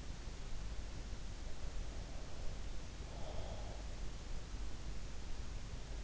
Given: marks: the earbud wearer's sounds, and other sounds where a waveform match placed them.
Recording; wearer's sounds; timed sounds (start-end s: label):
sounds in sleep by an in-ear microphone; breath
1.85-3.95 s: breath